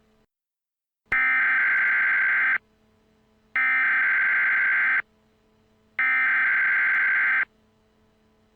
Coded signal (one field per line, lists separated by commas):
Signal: Emergency Alert System (SAME) tones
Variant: header bursts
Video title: EAS Scenario - Replacement Warning